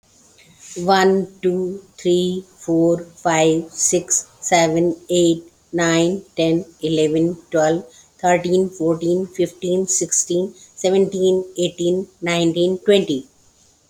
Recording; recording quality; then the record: counting at a normal pace; excellent, no background noise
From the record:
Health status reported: healthy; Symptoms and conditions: none ticked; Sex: female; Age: 60 years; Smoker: not ticked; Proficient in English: yes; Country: India